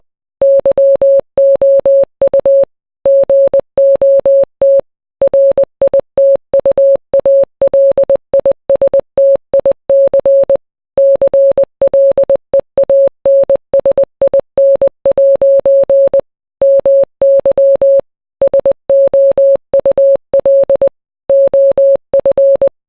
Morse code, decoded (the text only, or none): YOU GOT RITUALISTIC CLEANSIN' MY SOUL OF